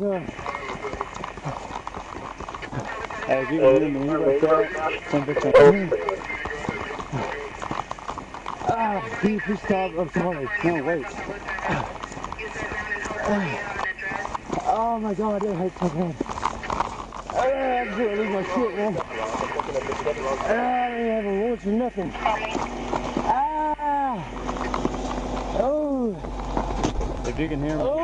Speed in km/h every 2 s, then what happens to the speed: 0, 0, 0, 0, 0, 0, 0, 0, 0, 0, 0, 0, 0, 0.
0-28 standing.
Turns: none.